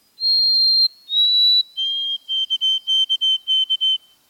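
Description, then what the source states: White-throated sparrow whistled song: two long pure high notes, then a lower steady note repeated in quick triplet-like groups, clean and clear throughout. Adult song, a played example; a melancholy, hauntingly beautiful whistle whose syllables birders remember as Old Sam Peabody, Peabody, Peabody.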